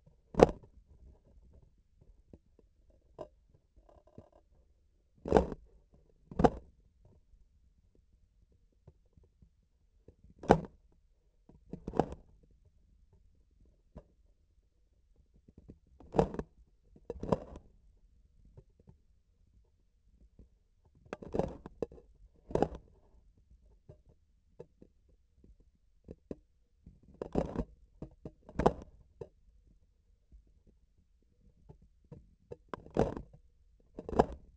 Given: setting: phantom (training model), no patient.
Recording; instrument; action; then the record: laparoscopic instrument, vibration sensor on the handle end; grasping forceps; opening and closing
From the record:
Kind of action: tool actuation without material contact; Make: other than Olympus